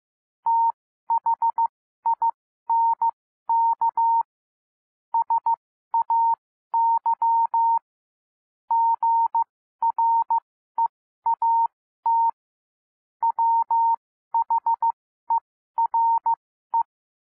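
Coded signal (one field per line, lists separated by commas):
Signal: Morse code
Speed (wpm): 15 wpm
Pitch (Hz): 920 Hz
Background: none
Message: THINK SAY GREAT WHERE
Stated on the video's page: Morse reading practice at 12-15 and 15-15 WPM, listened to while following text on screen.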